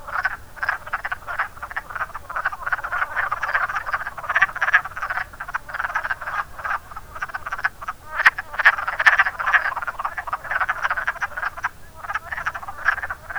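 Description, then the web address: Dense wood frog chorus, rough clucking croaks tumbling over each other without a break, with a couple of sharp clicks midway. "zoology woodfrog"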